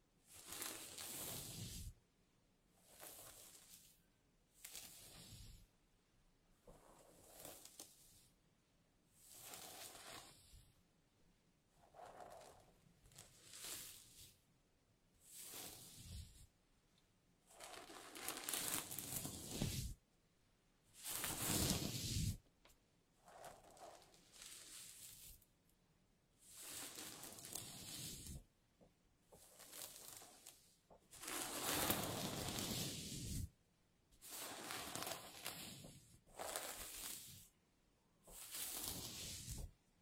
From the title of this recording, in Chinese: 温温柔柔梳头发